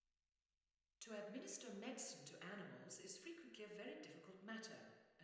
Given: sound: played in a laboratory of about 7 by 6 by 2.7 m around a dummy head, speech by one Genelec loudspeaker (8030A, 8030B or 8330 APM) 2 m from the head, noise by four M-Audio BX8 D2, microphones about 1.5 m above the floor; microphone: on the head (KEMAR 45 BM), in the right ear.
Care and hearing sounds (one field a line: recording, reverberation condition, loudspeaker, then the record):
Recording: female speech in English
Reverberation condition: high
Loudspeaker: 60 degrees to the right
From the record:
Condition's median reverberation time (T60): about 1300 ms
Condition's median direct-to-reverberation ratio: about -4.0 dB